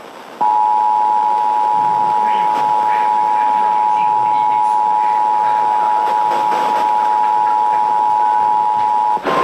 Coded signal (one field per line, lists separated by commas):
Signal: Emergency Alert System (SAME) tones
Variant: 853 and 960 Hz attention tone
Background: speech